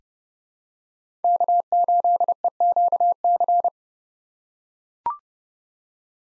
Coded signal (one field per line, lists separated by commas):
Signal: Morse code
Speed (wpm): 30 wpm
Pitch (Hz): 700 Hz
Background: none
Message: K8EQC